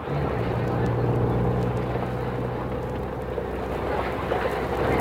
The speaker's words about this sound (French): La voiture marron d'Alfredo culbute un étalage, frôle le monument aux morts, évite de justesse une voiture à cheval